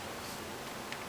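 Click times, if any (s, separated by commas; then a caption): none. A replacement keyboard for an Acer Aspire One 10.1-inch netbook is being handled as it is pressed down along its top edge so its plastic retaining tabs can snap back into the laptop's top case chassis. Only a low, steady background hiss is heard, with a faint brief high-pitched rustle near 0.9 seconds. No tab has clicked into place yet.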